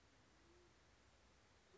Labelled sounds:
Band-tailed Pigeon (Patagioenas fasciata)
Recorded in Sonoma County, California

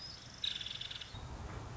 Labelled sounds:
Nuttall's Woodpecker (Dryobates nuttallii)
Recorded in Sonoma County, California

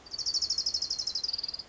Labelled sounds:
Orange-crowned Warbler (Leiothlypis celata)
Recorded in Sonoma County, California

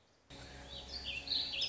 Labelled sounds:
Warbling Vireo (Vireo gilvus)
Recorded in Sonoma County, California

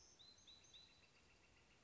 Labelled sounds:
Northern Flicker (Colaptes auratus)
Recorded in Sonoma County, California

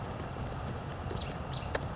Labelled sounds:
Western Flycatcher (Empidonax difficilis)
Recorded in Sonoma County, California

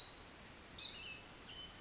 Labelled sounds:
Pacific Wren (Troglodytes pacificus)
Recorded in Sonoma County, California

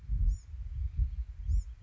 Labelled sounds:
Bewick's Wren (Thryomanes bewickii)
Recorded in Sonoma County, California

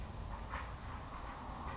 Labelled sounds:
California Towhee (Melozone crissalis)
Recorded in Sonoma County, California

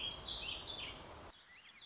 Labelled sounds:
Warbling Vireo (Vireo gilvus)
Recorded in Sonoma County, California

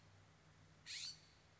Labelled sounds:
California Scrub-Jay (Aphelocoma californica)
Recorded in Sonoma County, California

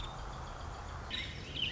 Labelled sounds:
Nuttall's Woodpecker (Dryobates nuttallii)
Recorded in Sonoma County, California

